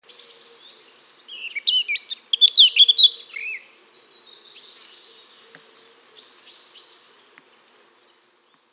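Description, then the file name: Eurasian blackcap song: soft twittering, then a brief burst of varied, rapid, high-pitched warbling notes lasting about two seconds, then fainter scattered twittering. "Sylvia atricapilla"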